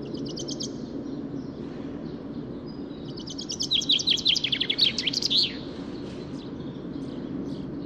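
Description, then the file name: Common chaffinch song: a few high notes at the start, then a full rattling phrase falling in pitch and finishing with a flourish, over steady low background noise. "Fringilla coelebs"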